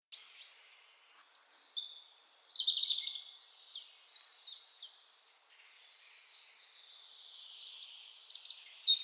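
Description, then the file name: European robin song, high clear phrases of quick descending notes and short trills, fading into a near-silent pause before a final bright, thin flourish. "Erithacus rubecula"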